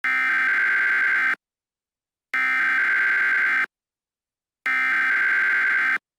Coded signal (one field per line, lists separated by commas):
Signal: Emergency Alert System (SAME) tones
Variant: header bursts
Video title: [VALID TONES] EAS Scenario - Android Attack